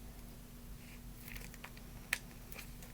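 A plastic landing gear leg is pushed into its socket in the wing of an XK Airbus A380 mini foam/plastic RC airliner model; the gear goes in easily but does not come out easily, so it won't snap off. A few faint light ticks come first, then one loud, sharp snap at 2.1 s as the leg seats, leaving a secure landing gear.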